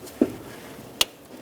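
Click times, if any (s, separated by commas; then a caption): 1.0 s. The main wiring harness connector on a 1999-2007 Ford F-350 with the 7.3L Powerstroke engine is pushed onto its mating engine valve cover harness plug after the pins are lined up. A soft low thump at 0.2 s is followed by a sharp, loud click at 1.0 s. The connector clicks in and is fully seated.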